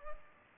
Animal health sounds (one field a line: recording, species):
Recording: mosquito wingbeat signal from an infrared sensor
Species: Culex pipiens